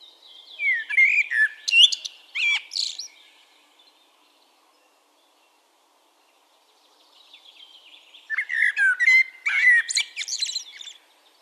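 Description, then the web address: Eurasian blackbird song: two phrases separated by several seconds of silence, each a fluted warble mixed with scratchy high twitters. "SETE data Turdus merula"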